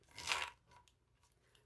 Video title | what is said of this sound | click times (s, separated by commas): How to Sew the CherAnn Bestie Crossbody Bag by Tree60 Handmade Bags | Push it on. And you probably will hear a click. | 0.3 s